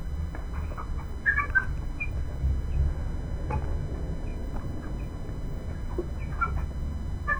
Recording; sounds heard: poultry house recording; background noise or bird activity such as feeding and pecking